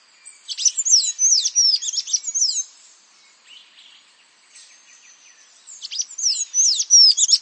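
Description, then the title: Bird singing two fast, high twittering phrases of sharp sweeping chirps, separated by a quieter stretch of faint high notes. "LuckyPassaro Completos2Sama"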